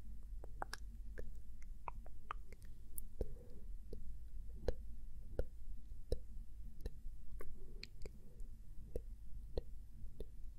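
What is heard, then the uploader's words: Close, soft mouth sounds: crisp tongue clicks and tsk noises popping every half second or so over a low, steady rumble, with faint breathy touches. ASMR gentle mouth sounds & up close face touching (tongue clicking, tk, sk, tsk & more).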